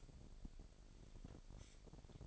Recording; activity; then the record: daily activity, microphone in the room; take from stove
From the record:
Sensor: 5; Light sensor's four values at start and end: 43/97/42/45 and 44/102/43/46